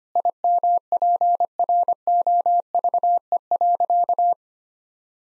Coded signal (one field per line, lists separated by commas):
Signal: Morse code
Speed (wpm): 25 wpm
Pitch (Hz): 700 Hz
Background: none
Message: IMPROVE.